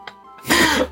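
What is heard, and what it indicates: One short, harsh cough like a throat-clear from an adult man: a lingering cough after COVID that gets worse the more he uses his throat in lively conversation. At its worst he coughed with nearly every word; it has now mostly subsided.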